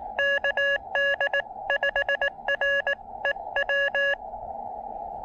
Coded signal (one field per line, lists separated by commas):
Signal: Morse code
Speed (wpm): 18 wpm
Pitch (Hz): 1700 Hz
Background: none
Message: KD5REW